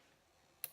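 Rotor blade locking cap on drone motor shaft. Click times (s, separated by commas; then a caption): 0.6 s. A plastic rotor blade locking cap on the motor shaft of a SYMA X8 toy drone is twisted until it clicks into its locked position. After a quiet stretch, one short, sharp click is heard at 0.6 s, and the cap is seated and locked.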